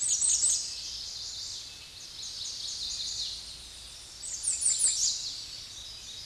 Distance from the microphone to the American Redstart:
about 35 m